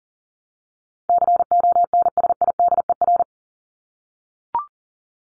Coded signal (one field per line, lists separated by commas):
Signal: Morse code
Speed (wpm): 40 wpm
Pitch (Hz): 700 Hz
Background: none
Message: CONSIDER